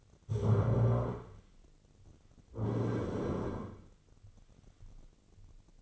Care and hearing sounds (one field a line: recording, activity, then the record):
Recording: daily activity, microphone in the room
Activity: stand up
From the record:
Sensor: 4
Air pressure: 1010.0 hPa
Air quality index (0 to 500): 188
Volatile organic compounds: 3 ppm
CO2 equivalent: 1350 ppm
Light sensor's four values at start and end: 39/97/40/43 and 39/95/40/42